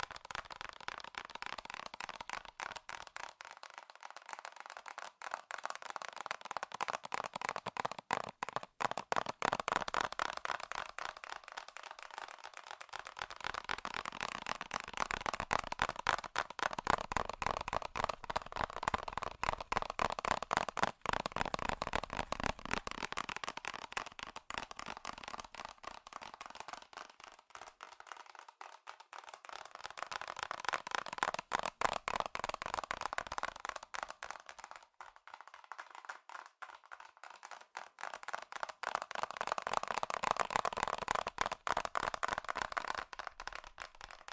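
Rapid, dense tapping on metal runs without a break, a stream of sharp clicks too quick to count. The sound is bright and crisp, swelling and easing in waves every several seconds, with louder stretches around 15–22 and 38–42 seconds.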